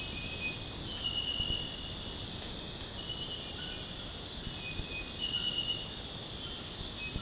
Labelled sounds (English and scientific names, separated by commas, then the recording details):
none
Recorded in dense forest near Puerto Asís, Putumayo, Colombia, on 18 February 2024 at 03:30
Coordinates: 0.472, -76.329
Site G6394